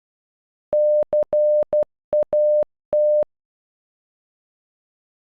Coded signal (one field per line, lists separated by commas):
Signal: Morse code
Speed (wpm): 12 wpm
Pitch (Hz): 600 Hz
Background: none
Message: CAT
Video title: Cat in Morse code